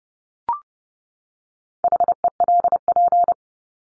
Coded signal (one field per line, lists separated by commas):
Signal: Morse code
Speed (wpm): 30 wpm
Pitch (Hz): 700 Hz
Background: none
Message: HELP